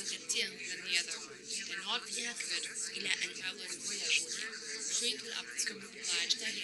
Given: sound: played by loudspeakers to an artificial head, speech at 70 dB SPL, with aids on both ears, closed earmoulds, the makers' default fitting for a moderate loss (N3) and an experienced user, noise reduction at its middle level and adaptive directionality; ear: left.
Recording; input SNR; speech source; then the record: speech test signal (ISTS) in cocktail-party noise; -6 dB; in front (0 degrees)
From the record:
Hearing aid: class 1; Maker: H